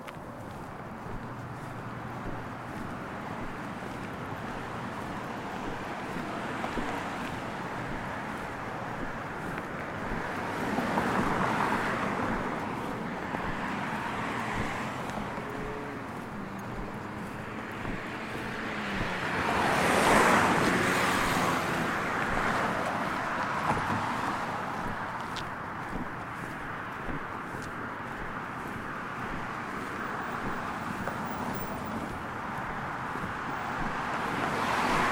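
An evening walk outside a hotel with steady traffic noise throughout, a constant dense outdoor hum. Cars swell past around eleven to fifteen seconds and again, loudest, near twenty seconds, with faint voices and music mixed low into the background.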